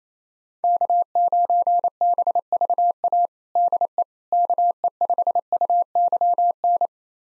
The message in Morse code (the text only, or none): K9BVA DE KE5UYN